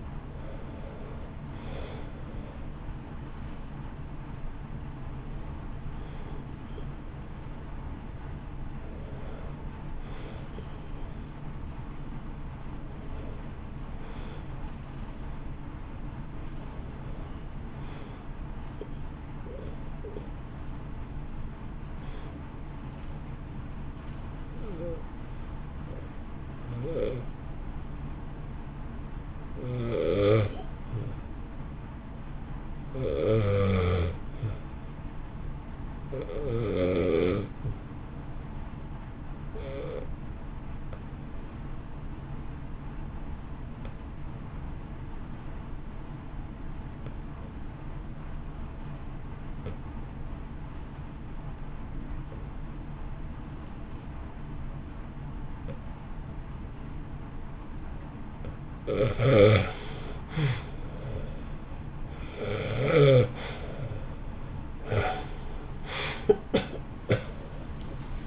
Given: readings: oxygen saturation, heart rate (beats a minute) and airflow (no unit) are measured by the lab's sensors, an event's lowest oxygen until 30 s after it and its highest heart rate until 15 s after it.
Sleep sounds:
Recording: breathing in sleep by a smartphone at the bedside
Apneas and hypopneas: 1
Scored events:
26.00-56.00 s: new sleep stage, REM sleep
27.00-58.20 s: obstructive apnea (REM, oxygen 94% highest, then 74% lowest, heart rate 59 at the start, 77 highest)
56.00-68.27 s: new sleep stage, N1 (lightest sleep)
From the record:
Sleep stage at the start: N1 (lightest sleep)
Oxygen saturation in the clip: 75 to 95%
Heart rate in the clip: 56 to 68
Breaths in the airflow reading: 9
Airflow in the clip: -2.8 to 3.7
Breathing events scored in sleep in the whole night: 328 in 6.3 hours asleep

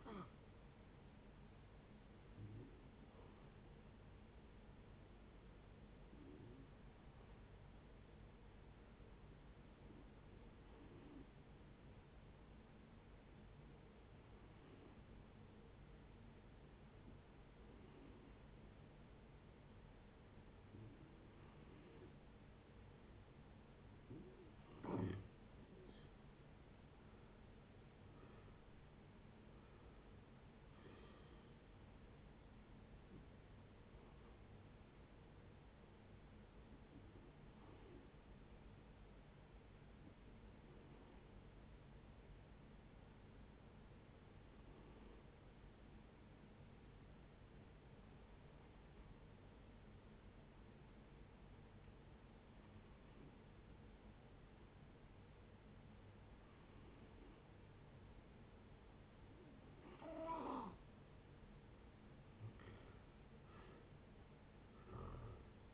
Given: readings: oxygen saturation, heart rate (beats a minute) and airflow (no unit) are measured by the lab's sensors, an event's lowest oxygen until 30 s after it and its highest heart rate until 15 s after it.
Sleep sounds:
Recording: breathing in sleep by a voice recorder at the bedside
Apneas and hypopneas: 2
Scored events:
4.00-26.20 s: hypopnea (N2, oxygen 94% highest, then 90% lowest, heart rate 68 at the start, 76 highest)
31.00-65.74 s: new sleep stage, N1 (lightest sleep)
36.00-60.80 s: hypopnea (N1, oxygen 95% highest, then 84% lowest)
From the record:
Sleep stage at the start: N2 (light sleep)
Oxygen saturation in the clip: 86 to 95%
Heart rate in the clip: 56 to 76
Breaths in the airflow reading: 19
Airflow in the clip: -10.0 to 11.6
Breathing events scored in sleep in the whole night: 496 in 5.4 hours asleep

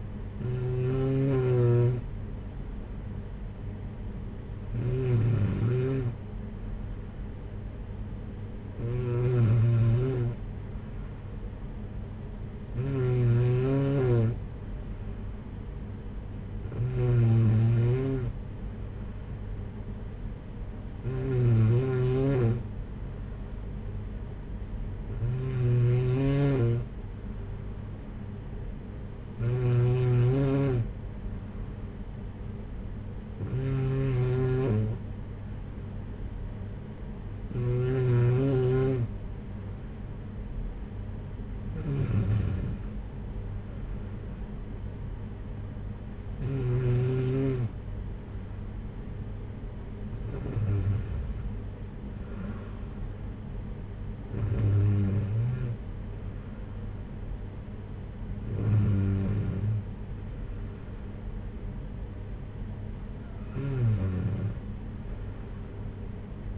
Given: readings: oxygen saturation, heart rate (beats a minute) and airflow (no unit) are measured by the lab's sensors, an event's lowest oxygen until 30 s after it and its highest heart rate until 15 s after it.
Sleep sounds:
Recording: breathing in sleep by a smartphone at the bedside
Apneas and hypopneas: none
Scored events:
none scored
From the record:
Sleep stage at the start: N2 (light sleep)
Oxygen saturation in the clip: 93 to 95%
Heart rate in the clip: 49 to 63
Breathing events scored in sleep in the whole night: 226 in 8.8 hours asleep

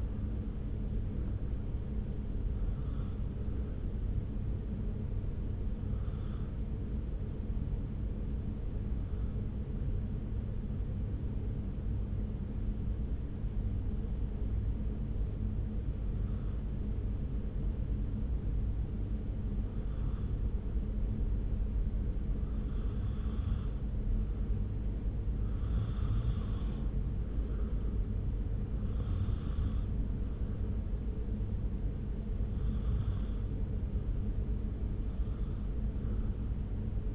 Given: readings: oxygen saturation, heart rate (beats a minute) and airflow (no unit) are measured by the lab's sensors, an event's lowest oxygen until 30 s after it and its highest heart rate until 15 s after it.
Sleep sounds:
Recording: breathing in sleep by a smartphone at the bedside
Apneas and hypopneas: 1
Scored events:
7.00-24.00 s: hypopnea (N2, oxygen 96% highest, then 91% lowest)
From the record:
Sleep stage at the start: N2 (light sleep)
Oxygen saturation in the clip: 88 to 96%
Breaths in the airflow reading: 16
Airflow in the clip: -0.6 to 1.6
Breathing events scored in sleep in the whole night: 335 in 6.7 hours asleep

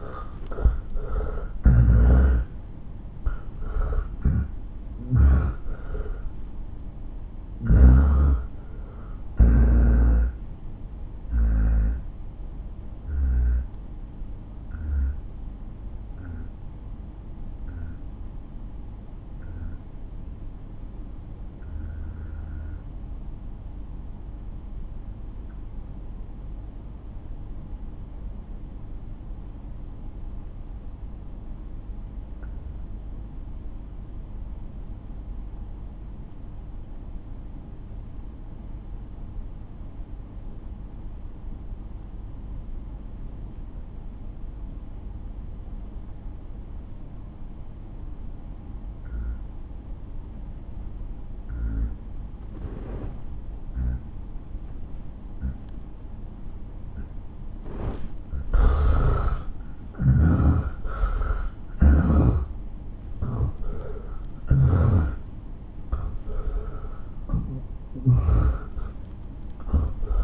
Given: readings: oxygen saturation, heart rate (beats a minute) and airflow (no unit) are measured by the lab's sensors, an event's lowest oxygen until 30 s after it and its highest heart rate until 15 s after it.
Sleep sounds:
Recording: breathing in sleep by a smartphone at the bedside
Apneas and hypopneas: 1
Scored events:
8.00-68.00 s: new sleep stage, N2 (light sleep)
14.00-58.90 s: obstructive apnea (N2, oxygen 95% highest, then 81% lowest)
68.00-70.24 s: new sleep stage, N1 (lightest sleep)
From the record:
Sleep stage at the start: N1 (lightest sleep)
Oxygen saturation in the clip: 82 to 95%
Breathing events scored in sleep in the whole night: 217 in 6.3 hours asleep

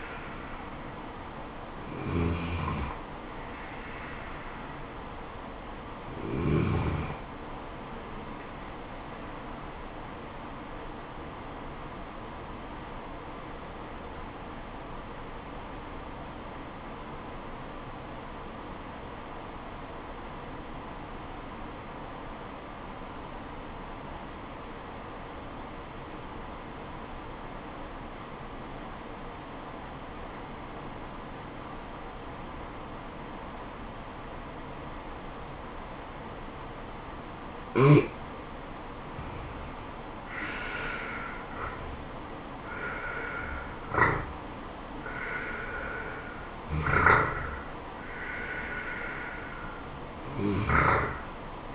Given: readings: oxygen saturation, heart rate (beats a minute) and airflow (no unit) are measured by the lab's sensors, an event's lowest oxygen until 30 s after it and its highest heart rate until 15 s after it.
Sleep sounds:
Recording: breathing in sleep by a voice recorder at the bedside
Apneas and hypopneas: 1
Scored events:
13.00-40.40 s: obstructive apnea (N1, oxygen 96% highest, then 81% lowest, heart rate 72 at the start, 76 highest)
23.00-51.74 s: new sleep stage, N2 (light sleep)
From the record:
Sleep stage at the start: N1 (lightest sleep)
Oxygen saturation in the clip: 79 to 96%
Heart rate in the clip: 66 to 76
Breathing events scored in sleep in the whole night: 426 in 7.4 hours asleep

